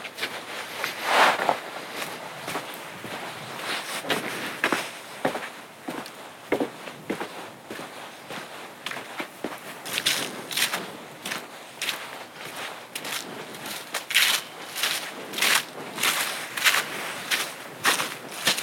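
Footsteps crunch along a trail on a pitch-black night hike, a steady stream of sharp, bright scuffs and crackles that grows denser and louder after about ten seconds. A soft hiss fills the gaps, and a faint tonal chirp surfaces near the start.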